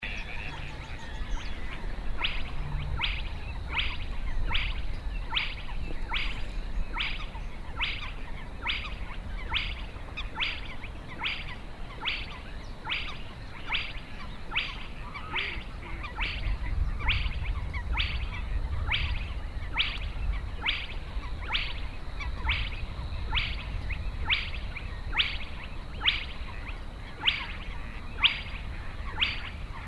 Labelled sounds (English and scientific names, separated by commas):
Spotted Crake (Porzana porzana) song